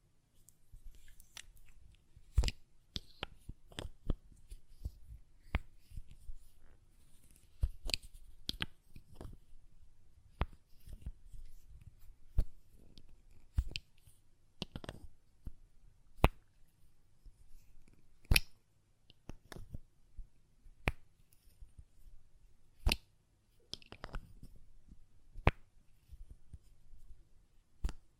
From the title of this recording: Glass Perfume Bottle Tapping & Lid Sounds